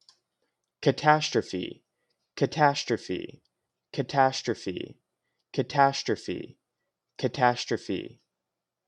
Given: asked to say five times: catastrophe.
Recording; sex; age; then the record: repeated word; male; 20 to 29 years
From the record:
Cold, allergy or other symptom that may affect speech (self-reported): no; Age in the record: 24 years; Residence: Maryland, United States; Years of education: 17